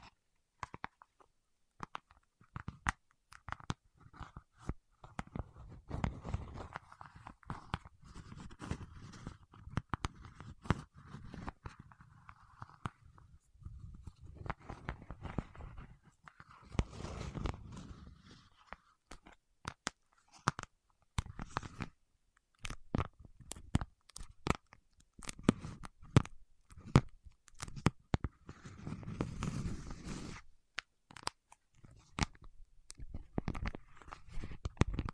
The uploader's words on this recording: ASMR with Wax Fingertips for Sleep (No Talking).